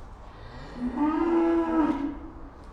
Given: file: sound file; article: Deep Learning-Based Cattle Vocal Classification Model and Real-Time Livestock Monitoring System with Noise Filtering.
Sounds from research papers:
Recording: cattle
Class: food anticipating call

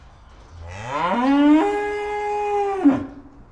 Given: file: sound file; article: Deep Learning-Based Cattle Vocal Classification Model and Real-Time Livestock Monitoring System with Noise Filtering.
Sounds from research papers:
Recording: cattle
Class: estrus call

